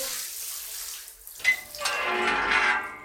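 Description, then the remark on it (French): Shower water runs in a detention centre shower with a steady hissing spray that briefly thins out, then surges back fuller and louder, with a small clink partway through. No one speaks. “j'ai dit qu'il fallait sortir de ta douche maintenant.”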